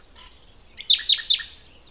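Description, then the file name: Common nightingale song: soft chirps, then three loud, rapid, repeated downward notes in quick succession, with quiet surroundings. "Luscinia megarhynchos"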